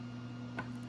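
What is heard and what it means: A 3D-printed plastic coupler holding the paracord rope of an LJN toy wrestling ring stand is pushed through the ring post while the rope is held tight. Over a steady low hum, a single sharp snap is heard at 0.6 s. The coupler seats and the rope is held secure.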